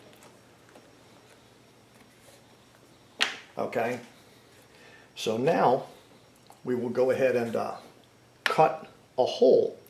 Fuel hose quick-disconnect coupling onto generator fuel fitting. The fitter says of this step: just far enough that you can get the hose to snap in place on it.